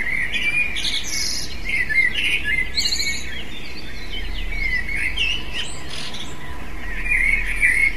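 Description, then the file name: Eurasian blackbird song: a near-continuous run of fluty, slurred notes mixed with thin high twittering, heard against constant low background hiss. "merle"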